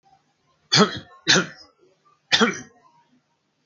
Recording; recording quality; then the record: shallow voluntary cough; excellent, no background noise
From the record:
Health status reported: healthy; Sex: male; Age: 21 years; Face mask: not worn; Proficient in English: no